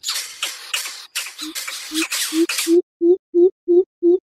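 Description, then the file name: Greater coucal calls: breathy hissing rasps blending into a steady series of low, slightly rising hoots about three a second. Chick calling its mother. "Tieng bim bip non keu goi me"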